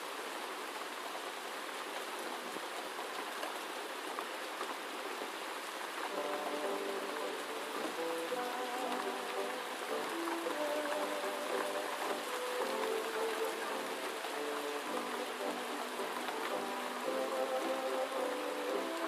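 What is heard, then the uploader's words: Steady, dense rain hisses throughout, and from about six seconds a faint, muffled oldies melody plays underneath in low, shifting tones. Gentle Night Rain & Oldies Playing in Another Room.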